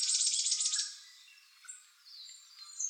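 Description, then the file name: Varied tit calls: a fast buzzy nasal rattle for the first second, followed by fainter thin high notes and scattered chips. Recorded 9 April 2014. "yamagara 140409"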